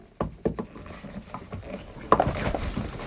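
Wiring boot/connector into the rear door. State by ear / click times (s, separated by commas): seated / 0.2 s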